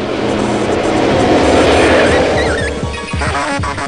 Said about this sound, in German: Das Auto hupte immer noch, wütend. Es drehte absichtlich auf mich zu.